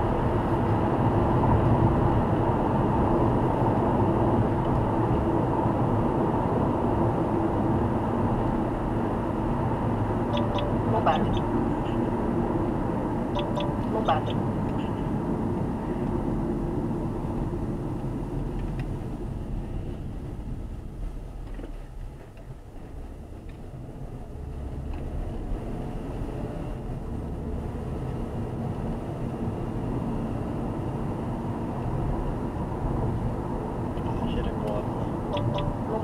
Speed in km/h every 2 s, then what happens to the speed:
107, 102, 98, 95, 94, 86, 74, 58, 42, 23, 15, 26, 38, 48, 59, 65, 70, 71.
0-19 brakes to 15. 20-36 speeds up to 71.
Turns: none.